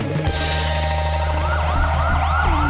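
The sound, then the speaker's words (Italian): An ambulance siren, arriving for a bleeding injured man, wails in quick, repeated rising-and-falling sweeps over a steady low engine drone, loud and continuous with no voices. “L'ambulanza sta arrivando, può stabilizzarlo?”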